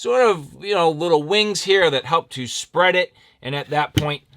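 Someone talks throughout while handling a knife and its sheath, with the blade being worked toward the sheath's retention wings. No click or seating sound is heard, and the knife has not seated in the sheath yet.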